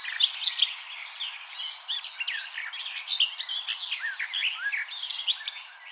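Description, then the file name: Eurasian blackcap warbling: quick chirped and slurred notes running almost continuously. "Sylvia atricapilla"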